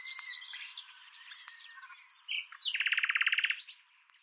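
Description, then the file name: Common nightingale singing: quiet, scratchy twittering and short whistles build into a loud, rapid series of identical repeated notes before stopping. Recorded at Île de Crémieu on 1 May 2012 at 9:30. "rossignol philomele ile cremieu"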